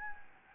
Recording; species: mosquito wingbeat signal from an infrared sensor; Anopheles gambiae